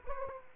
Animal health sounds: mosquito wingbeat signal from an infrared sensor; Aedes aegypti

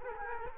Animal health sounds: mosquito wingbeat signal from an infrared sensor; Culex quinquefasciatus

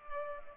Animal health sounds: mosquito wingbeat signal from an infrared sensor; Culex pipiens

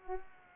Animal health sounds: mosquito wingbeat signal from an infrared sensor; Culex pipiens

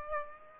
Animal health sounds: mosquito wingbeat signal from an infrared sensor; Aedes aegypti

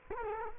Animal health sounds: mosquito wingbeat signal from an infrared sensor; Culex quinquefasciatus

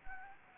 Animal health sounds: mosquito wingbeat signal from an infrared sensor; Anopheles gambiae

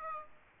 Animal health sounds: mosquito wingbeat signal from an infrared sensor; Aedes aegypti

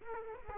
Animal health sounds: mosquito wingbeat signal from an infrared sensor; Aedes aegypti

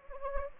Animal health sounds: mosquito wingbeat signal from an infrared sensor; Anopheles gambiae

